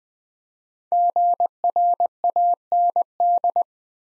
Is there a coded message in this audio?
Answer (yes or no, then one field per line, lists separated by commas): yes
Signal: Morse code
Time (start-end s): 0.9-3.6 s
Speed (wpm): 21 wpm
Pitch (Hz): 700 Hz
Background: none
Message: GRAND